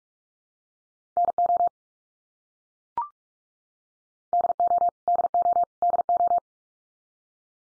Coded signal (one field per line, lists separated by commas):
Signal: Morse code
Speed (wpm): 44 wpm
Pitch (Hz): 700 Hz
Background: none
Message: NO DO DO DO